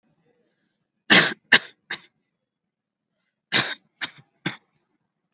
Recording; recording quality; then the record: shallow voluntary cough; excellent, no background noise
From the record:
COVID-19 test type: RT-PCR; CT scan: not taken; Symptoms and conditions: none ticked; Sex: male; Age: 18 years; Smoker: no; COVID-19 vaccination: both doses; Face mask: worn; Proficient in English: yes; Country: India